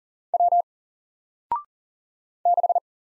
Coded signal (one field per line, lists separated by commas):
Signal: Morse code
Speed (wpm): 40 wpm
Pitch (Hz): 700 Hz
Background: none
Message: W 6